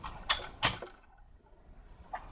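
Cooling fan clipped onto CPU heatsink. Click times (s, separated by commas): 0.3 s, 2.1 s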